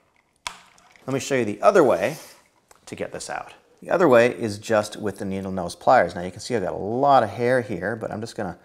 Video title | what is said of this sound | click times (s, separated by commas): I FIXED This Dyson Hidden Problem (And You Can Too!) | you should hear a click | 0.5 s